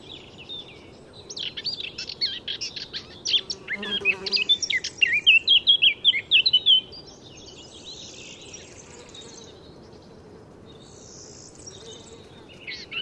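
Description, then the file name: Eurasian blackcap song: a scratchy, rapid warble leading into clear, loud fluted whistles, one phrase of about six seconds followed by quiet background hiss. "Sylvia atricapilla"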